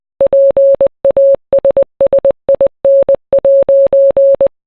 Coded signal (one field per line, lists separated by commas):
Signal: Morse code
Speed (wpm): 20 wpm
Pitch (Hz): 550 Hz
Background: none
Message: PASSIN'